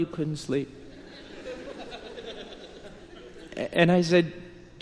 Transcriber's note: laughter